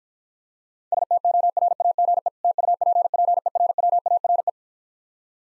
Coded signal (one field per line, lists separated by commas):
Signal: Morse code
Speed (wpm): 52 wpm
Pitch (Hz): 700 Hz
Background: none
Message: STORAGE TUPPERWARE